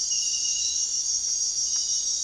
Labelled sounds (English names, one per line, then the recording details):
none
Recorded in dense forest near Puerto Asís, Putumayo, Colombia, on 4 March 2025 at 05:00
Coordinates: 0.499, -76.324
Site GP03